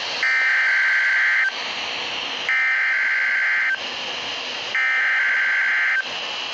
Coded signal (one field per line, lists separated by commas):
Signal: Emergency Alert System (SAME) tones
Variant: header bursts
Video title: NOAA weather radio: Winter storm warning